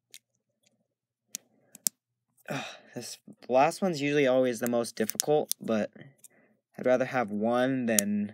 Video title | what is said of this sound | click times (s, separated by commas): Knex 2 cylinder blower motor tutorial. | it should look like that and then you just squeeze these together and it should snap right in this | 1.9 s